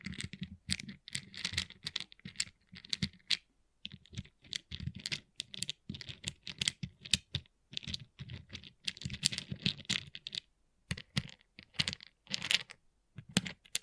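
Pixel art beads clatter and click in quick, irregular bursts, like rapid tapping on hard plastic. The small, bright clicks come densely with short gaps near 4, 8 and 11 seconds, each tap carrying a faint low knock underneath.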